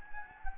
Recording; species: mosquito wingbeat signal from an infrared sensor; Anopheles gambiae